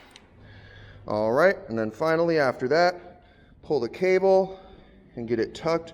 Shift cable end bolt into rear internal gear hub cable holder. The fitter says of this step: little crimping bolt and push that into its slot till it clicks into place